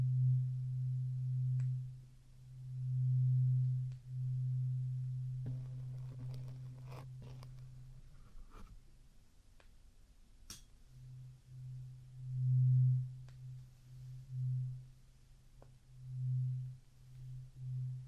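During ear cleaning, a low droning hum pulses and swells, broken midway by soft scratching, brushing, and a few sharp clicks.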